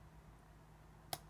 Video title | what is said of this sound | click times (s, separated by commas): Brand new IPhone XR 2020 vs 5s unboxing, setup, overview ! | here a little click | 1.1 s